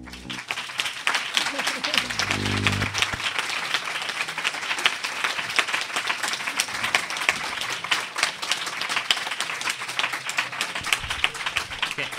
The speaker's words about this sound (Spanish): El vídeo tiene música y es muy emotivo. Estamos esperando a que dejéis de aplaudir.